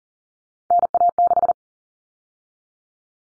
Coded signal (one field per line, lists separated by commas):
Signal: Morse code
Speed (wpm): 40 wpm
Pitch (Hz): 700 Hz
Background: none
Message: NA6